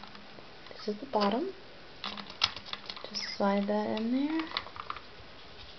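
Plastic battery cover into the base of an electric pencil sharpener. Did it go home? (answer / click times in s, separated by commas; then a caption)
no / none. A plastic battery cover is slid into place over four AA batteries on the bottom of an X-Acto 16750 battery-powered pencil sharpener while someone talks, with light scraping and small taps of handling. Nothing has seated or clicked yet.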